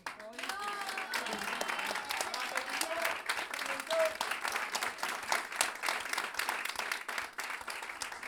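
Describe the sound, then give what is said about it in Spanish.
An audience applauds steadily for several seconds before a Chilean cueca is sung, a dense, continuous patter of many hands clapping, with a few voices and cheers mixed in near the start. “Me hoy con un aplauso.”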